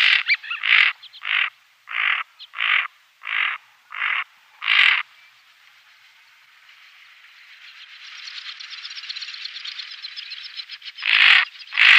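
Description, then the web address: Greater scaup uttering rasping growled notes in a quick run, then a stretch of soft rushing noise before two more harsh calls. Females. "Schulze Peter Greater Scaup females"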